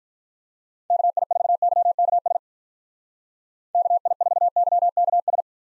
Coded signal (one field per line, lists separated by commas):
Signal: Morse code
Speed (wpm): 47 wpm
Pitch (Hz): 700 Hz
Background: none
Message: KI4YKS KI4YKS